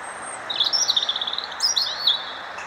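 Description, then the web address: European robin song: a thin, high warbled phrase with a quick trembling trill, then sharp, very high squeaky notes, over a steady hiss. "SETE Erithacus rubecula"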